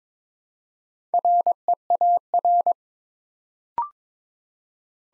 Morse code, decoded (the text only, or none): REAR